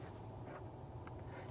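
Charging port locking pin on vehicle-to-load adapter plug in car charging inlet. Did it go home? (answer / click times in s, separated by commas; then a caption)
yes / 1.1 s. On an MG4, after start discharging is pressed on the screen, the charging port's locking pin drives into the inserted vehicle-to-load adapter plug in the car's charging inlet. A single short click at 1.1 s marks the pin locking, over a steady low hum. The adapter plug is seated and locked in place.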